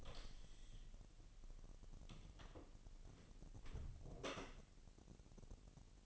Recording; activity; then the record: daily activity, microphone in the room; close door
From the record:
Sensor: 4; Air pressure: 1002.0 hPa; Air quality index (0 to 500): 248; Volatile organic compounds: 41 ppm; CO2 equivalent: 3168 ppm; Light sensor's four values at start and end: 9/20/8/7 and 9/21/8/7